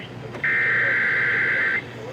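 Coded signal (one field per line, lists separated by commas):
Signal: Emergency Alert System (SAME) tones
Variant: header bursts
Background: speech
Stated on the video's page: Child abduction emergency alert received on five stations.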